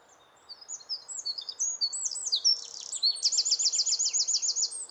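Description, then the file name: Eurasian wren song starting after a brief pause: shrill, hurried notes leading into a long, ringing trill of rapidly repeated elements against light background noise. "Troglodytes troglodytes"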